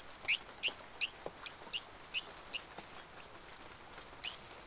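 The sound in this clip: Bird calls: a series of high, sharp chirps repeated roughly every half second, some fainter, then a pause and one final loud chirp.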